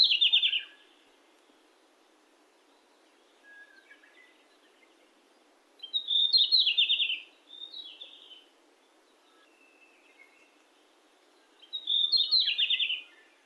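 Bird gives high, rapid trilled phrases roughly every six seconds, with softer, lower twitters between them in an otherwise quiet setting.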